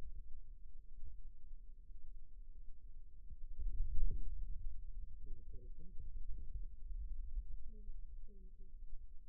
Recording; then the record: forearm muscle sounds (acoustic myography)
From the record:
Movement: hand closing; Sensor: system 2, bracelet of six BSWA MPA416 microphones around the upper forearm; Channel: 2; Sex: male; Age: 22 years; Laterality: right